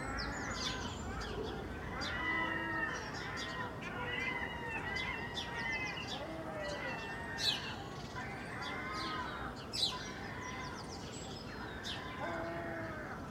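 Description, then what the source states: Gull calls, arched harmonic squeals repeated several times among a busy chorus of other birds chirping, with a low steady rumble underneath. Early morning, Filey, April 2023; recorded from a second-storey window with Clippy microphones and a Roland R-07; many other birds and faint sea rumble present.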